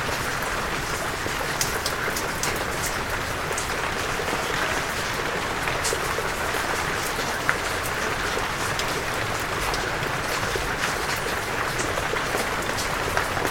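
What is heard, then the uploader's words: A storm outside heard from indoors, rain falling in a steady dense hiss with scattered brighter patters and drips, unchanging throughout. We’re in a little cottage deep in the Dorset countryside. Recorded by Kevin Parr, presented by Hannah Tribe. A storm outside while sitting indoors by the fire.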